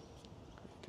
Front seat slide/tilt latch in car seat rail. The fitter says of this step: can hear that click nice sporty seats more scorpion emblem